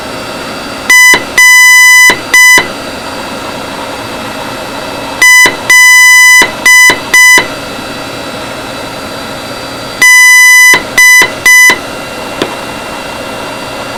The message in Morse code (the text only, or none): RLD